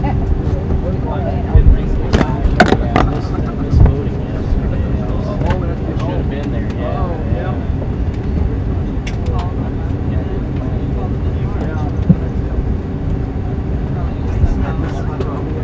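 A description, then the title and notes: An airplane taking off at SJC, with a heavy, steady low rumble running through the whole clip. Voices murmur on top of it. A cluster of sharp clacks and knocks comes around two to four seconds, with another brief click near nine seconds. Takeoff At SJC.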